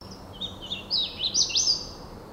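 Hooded warbler song: a clear, whistled phrase of rising and falling slurred notes ending in an emphatic flourish, over a steady low background hiss.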